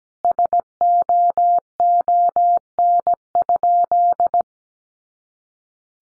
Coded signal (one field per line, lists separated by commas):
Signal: Morse code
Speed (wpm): 17 wpm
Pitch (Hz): 700 Hz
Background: none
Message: SOON?